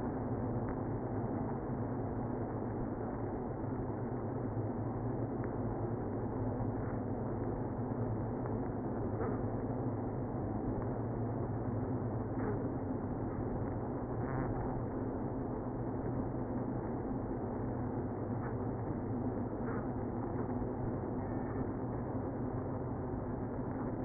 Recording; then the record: honeybee colony, microphone inside the hive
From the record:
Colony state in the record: queenless (queen removed); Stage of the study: after two queens were removed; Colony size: about 60,000 bees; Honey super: yes